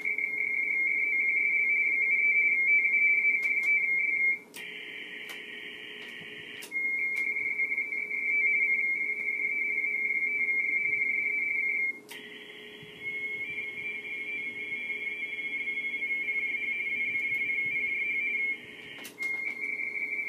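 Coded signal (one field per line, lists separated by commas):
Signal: RTTY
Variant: 45 baud RTTY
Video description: AK5Y Working the BARTG HF RTTY CONTEST 2013-10-80 METERS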